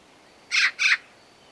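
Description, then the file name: Eurasian magpie with a harsh double chatter, two grating notes close together. "Pica pica"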